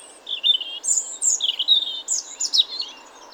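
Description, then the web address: European robin singing short, varied phrases of high, thin, warbling notes with pauses in between, some sliding up and down across a wide pitch range. "SETE Erithacus rubecula"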